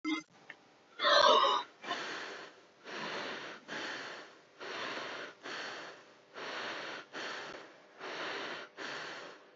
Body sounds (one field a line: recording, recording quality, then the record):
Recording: shallow breathing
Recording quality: moderate, slight background noise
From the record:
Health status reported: healthy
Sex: male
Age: 28 years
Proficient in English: yes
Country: India